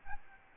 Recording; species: mosquito wingbeat signal from an infrared sensor; Aedes albopictus